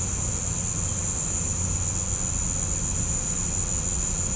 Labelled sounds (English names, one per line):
none